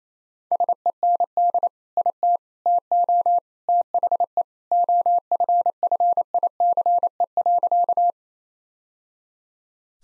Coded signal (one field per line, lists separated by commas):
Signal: Morse code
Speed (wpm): 28 wpm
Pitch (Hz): 700 Hz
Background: none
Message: SEND IT TO THE OFFICE.